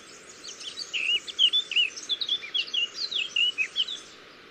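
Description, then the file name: Eurasian blackcap warbling song: a rapid, continuous run of bright, varied, slurred notes lasting about three and a half seconds, over faint hiss. "Sylvia atricapilla"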